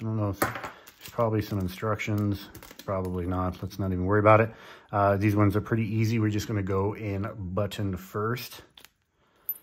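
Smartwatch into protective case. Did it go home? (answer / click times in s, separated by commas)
yes / 9.5 s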